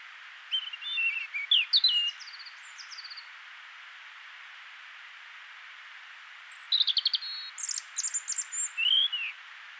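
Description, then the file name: European robin song: a warbling phrase of wavering and falling notes, a pause, then a richer twittering phrase with very high thin notes and a final slurred note. "Erithacus rubecula"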